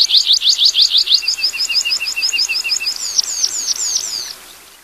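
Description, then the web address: Red-throated pipit singing a long series of high, thin repeated notes that change partway into slurred phrases before fading out. "Songs of Birds of North America Stokes. Red-throated Pipit"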